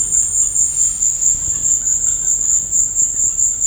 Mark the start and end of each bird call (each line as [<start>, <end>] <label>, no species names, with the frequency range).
[0.00, 3.66] bird call (0.6-4.2 kHz)